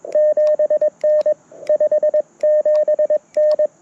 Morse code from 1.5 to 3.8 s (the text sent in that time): 57N